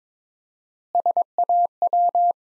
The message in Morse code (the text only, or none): SAW